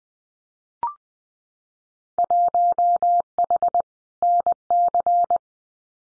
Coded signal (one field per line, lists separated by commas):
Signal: Morse code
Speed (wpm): 20 wpm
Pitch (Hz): 700 Hz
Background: none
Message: 1H NC